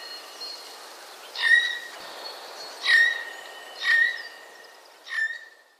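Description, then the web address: Eurasian jay calls: four separate notes, each with a rough noisy start running into a steady whistled tone, spaced about a second apart. 19 March 2011. "wroblowe ostrzegator sojka 19 03 2011"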